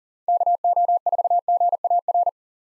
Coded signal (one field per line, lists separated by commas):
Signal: Morse code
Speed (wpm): 40 wpm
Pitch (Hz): 700 Hz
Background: none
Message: KO4GAR